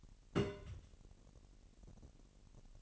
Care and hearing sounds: daily activity, microphone in the room; place on stove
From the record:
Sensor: 4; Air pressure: 1002.9 hPa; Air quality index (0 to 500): 247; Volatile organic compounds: 11 ppm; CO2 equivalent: 2321 ppm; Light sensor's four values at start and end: 8/18/7/7 and 8/18/7/7

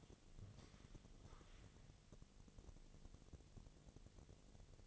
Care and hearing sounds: daily activity, microphone in the room; walk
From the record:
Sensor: 4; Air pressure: 1001.3 hPa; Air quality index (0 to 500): 176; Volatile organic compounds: 2 ppm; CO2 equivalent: 1266 ppm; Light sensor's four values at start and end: 14/33/13/13 and 14/33/13/13

